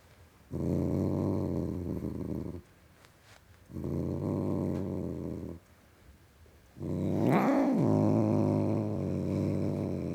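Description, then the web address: Domestic cat giving three deep, throaty growl bouts, the last broken by a brief wavering yowl before settling back into a low rumble. Male (tom) domestic cat, growling. "BBC Sound Effects Library - Cats Tom Cat Growling"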